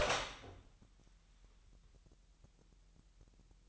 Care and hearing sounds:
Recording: daily activity, microphone in the room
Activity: open door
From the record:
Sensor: 3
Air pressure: 998.4 hPa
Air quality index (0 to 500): 138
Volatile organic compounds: 4 ppm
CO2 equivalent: 1652 ppm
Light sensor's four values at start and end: 16/47/19/18 and 17/47/19/18

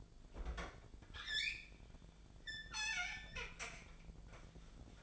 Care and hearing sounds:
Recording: daily activity, microphone in the room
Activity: open fridge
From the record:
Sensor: 5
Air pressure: 1009.8 hPa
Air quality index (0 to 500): 163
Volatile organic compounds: 4 ppm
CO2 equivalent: 1586 ppm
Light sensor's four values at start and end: 112/289/120/128 and 113/290/121/129

